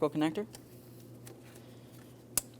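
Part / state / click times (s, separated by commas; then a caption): electrical wiring connector into fan motor/shroud socket / seated / 2.4 s. Someone talks, then an electrical wiring connector is pushed into its socket on the fan motor and shroud by the radiator of a 2003-2008 Toyota Matrix 1.8L L4, during a starter replacement. One sharp, loud click sounds at 2.4 s, and the connector is seated.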